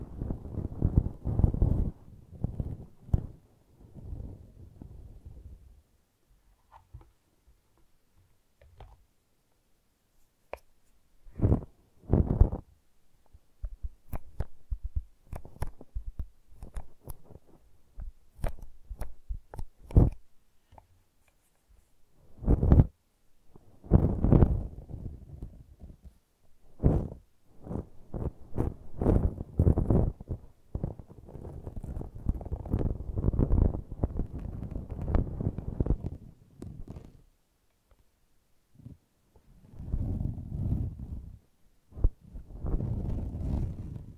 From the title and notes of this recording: ASMR Brushing and Scratching You to Sleep (No Talking).